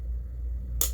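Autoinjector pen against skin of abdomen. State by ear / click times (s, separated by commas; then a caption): seated / 0.8 s. An autoinjector pen held against the skin of the abdomen gives its second, louder click at 0.8 s, a sharp broadband snap over a low steady hum. The click signals the end of the injection and that the dose is complete.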